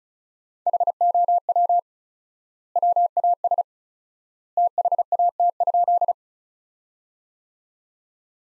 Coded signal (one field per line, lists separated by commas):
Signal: Morse code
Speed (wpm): 36 wpm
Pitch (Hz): 700 Hz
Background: none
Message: HOW WAS THAT?